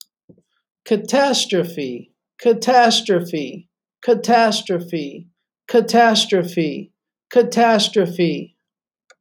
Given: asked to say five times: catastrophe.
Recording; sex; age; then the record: repeated word; male; 40 to 49 years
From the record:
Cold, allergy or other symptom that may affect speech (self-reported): no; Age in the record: 41 years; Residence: Virginia, United States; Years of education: 21